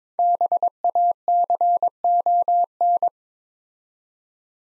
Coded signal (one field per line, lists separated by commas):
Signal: Morse code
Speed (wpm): 21 wpm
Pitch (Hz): 700 Hz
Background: none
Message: BACON